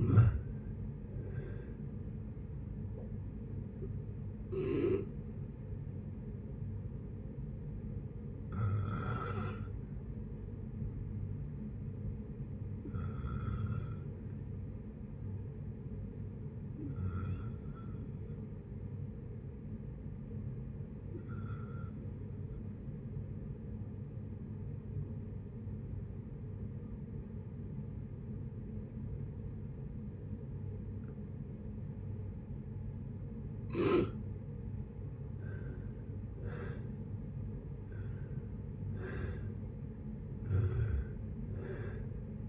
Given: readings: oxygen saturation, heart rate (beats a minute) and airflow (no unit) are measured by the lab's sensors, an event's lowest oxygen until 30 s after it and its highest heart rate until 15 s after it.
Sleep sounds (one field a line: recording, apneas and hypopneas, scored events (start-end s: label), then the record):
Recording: breathing in sleep by a smartphone at the bedside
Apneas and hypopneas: 1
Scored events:
5.00-35.30 s: hypopnea (N1, oxygen 96% highest, then 78% lowest, heart rate 62 at the start, 71 highest)
15.00-42.49 s: new sleep stage, N2 (light sleep)
From the record:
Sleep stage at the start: N1 (lightest sleep)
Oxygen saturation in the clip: 76 to 96%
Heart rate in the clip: 58 to 76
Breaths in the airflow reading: 10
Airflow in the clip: -7.7 to 7.3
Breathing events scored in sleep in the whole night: 496 in 5.4 hours asleep